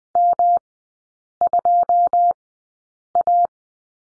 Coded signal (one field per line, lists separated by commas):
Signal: Morse code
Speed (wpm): 20 wpm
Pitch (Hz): 700 Hz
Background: none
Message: M2A